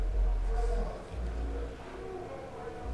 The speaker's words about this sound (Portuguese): Tá, algum carro parou aqui em frente e ele está pedindo para que a gente atire nele porque eles estão tocando uma música muito alta. Eu não sei se os assinantes estão ouvindo isso, então eu peço desculpas.